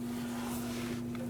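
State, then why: Not seated. Plastic push-pin retainers are handled at the cowl panel of a 2010-2017 Chevrolet Equinox during a windshield wiper transmission replacement, about to be pressed back into the panel holes. A steady low hum and broad hiss run throughout, with a brief faint tick near 1.2 s. Nothing has seated or clicked yet.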